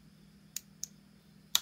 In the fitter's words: they still snap into place okay but